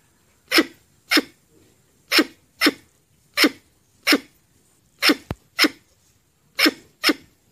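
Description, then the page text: Red squirrel calling with rasping, sneeze-like chuffs, often in quick pairs separated by brief pauses; a single sharp click interrupts the sequence. "Tiếng Sóc Đỏ kêu"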